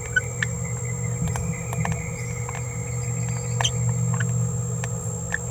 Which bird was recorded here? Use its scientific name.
Forpus passerinus